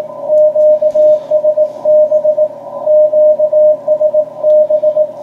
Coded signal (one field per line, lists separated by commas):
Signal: Morse code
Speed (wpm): 18 wpm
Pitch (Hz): 630 Hz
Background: radio noise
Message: QSB QSB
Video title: CW QSO on 40m with DK6MV op Alfons